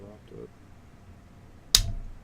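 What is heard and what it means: Someone talks while an allen key turns the screw of a delid tool to shear the metal heat spreader off a CPU. At 1.8 s a loud, sharp snap rings out as the heat spreader breaks loose from the processor and is released.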